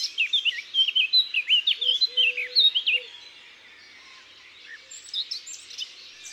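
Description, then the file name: Eurasian blackcap singing a rapid, scratchy-to-fluty warbled phrase for about three seconds, then quieter high chirps, with a few low steady whistled notes beneath. Isère, France. "Fauvette-a-tete-noire-Concerts-naturels-de-l Isere-Studio-Les-Trois-Becs"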